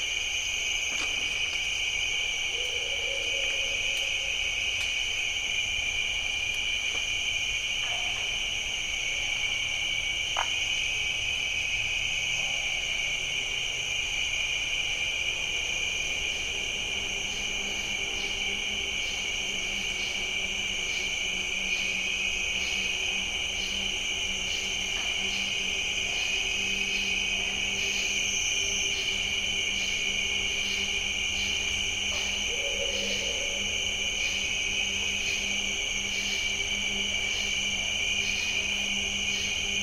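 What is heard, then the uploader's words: A dense, unbroken chorus of bird-voiced treefrogs fills all forty seconds, a steady high whistling trill with a faster pulsing layer above it. From about the midpoint a low droning hum, like a passing engine, runs underneath, with a few soft calls near the start and end. Jessamine Bayou is a seasonally flooded forest in the heart of America's Amazon, the Mobile-Tensaw River Delta. These recordings are taken from overnight "drop rigs" left at the edge of a tributary surrounded cypress swamp and adjacent to a field of saw palmetto.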